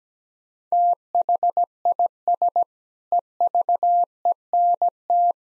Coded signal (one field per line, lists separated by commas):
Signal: Morse code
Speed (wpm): 17 wpm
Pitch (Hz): 700 Hz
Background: none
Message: THIS EVENT